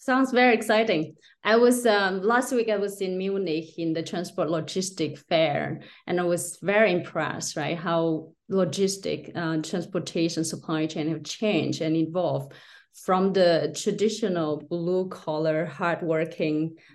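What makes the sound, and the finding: Adult woman. Normal speech.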